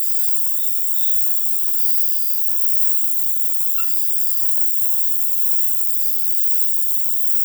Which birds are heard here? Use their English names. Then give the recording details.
none. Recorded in dense forest near Puerto Asís, Putumayo, Colombia, on 18 February 2024 at 01:30. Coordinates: 0.505, -76.324. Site G6467